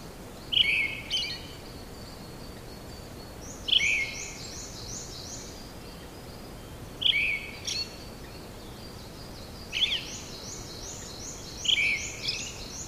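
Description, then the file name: Brown-headed thrush song: short whistled phrases, each starting with a loud falling note and ending in a thin high twitter, repeated every few seconds amid steady background noise. "akahara"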